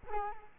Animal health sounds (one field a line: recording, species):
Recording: mosquito wingbeat signal from an infrared sensor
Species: Culex quinquefasciatus